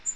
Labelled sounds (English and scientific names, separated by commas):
Bay-breasted Warbler (Setophaga castanea) flight call